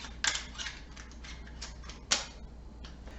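A cartridge is pushed, tip first, through the spring-loaded side loading gate into the tubular magazine of a Winchester 94 lever-action rifle, with the tip depressing the gate. Soft metallic scrapes and light clicks are heard as it slides in. A loud, sharp click at 2.1 s marks the cartridge seating in the magazine tube.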